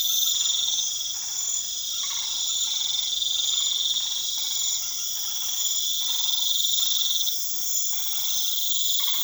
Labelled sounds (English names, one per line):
none